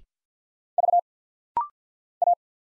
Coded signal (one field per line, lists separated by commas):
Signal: Morse code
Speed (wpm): 50 wpm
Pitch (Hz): 700 Hz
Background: none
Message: V A